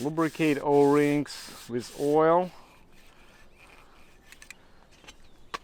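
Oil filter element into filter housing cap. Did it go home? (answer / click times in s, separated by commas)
yes / 5.6 s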